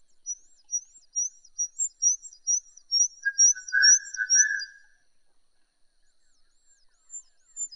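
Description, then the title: Horsfield's bush lark singing high, arched chirps in a quick run, joined midway by a short, lower buzzy rasp, followed by near silence and faint returning notes. "Suara Burung Branjangan"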